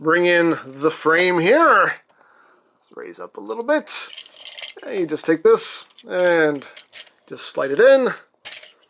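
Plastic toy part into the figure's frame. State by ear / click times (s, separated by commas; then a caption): not seated / none. A plastic part of a transforming toy figure is lifted slightly and slid into the figure's frame while someone talks. Faint handling sounds come between the talk, but the part has not yet locked into place and nothing has seated or clicked.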